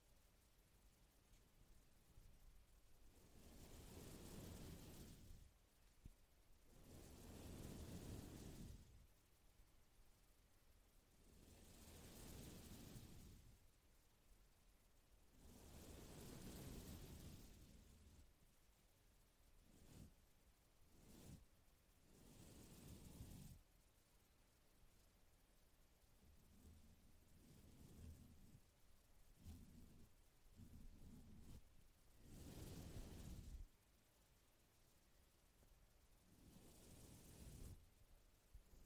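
A brush sweeps across a microphone in slow, rough strokes, each a swelling whoosh with a deep rumble lasting one to two seconds. Long strokes come about every four seconds at first. Shorter, quicker scrapes cluster in the middle before the long sweeps return.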